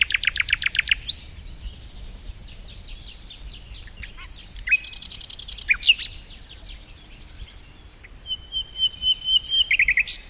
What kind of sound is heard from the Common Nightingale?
song